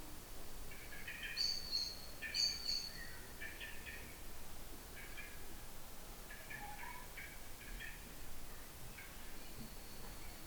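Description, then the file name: Eurasian blackbird calls: a series of scratchy chattering bursts with a couple of sharp high thin notes early on, spaced irregularly over soft background noise. "Turdus merula"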